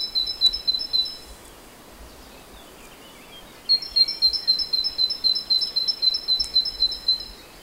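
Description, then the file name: Great tit giving a clear two-note ringing phrase, high and low notes alternating rapidly, a short burst, a pause, then a longer run of the same see-sawing pattern. "Parus major"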